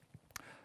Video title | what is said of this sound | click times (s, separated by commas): Tuto S.Box : L'humidificateur chauffant | le poussant au maximum dans l'appareil jusqu'à entendre le clic de verrouillage | 0.4 s